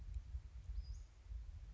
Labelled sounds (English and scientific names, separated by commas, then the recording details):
Western Flycatcher (Empidonax difficilis)
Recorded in Sonoma County, California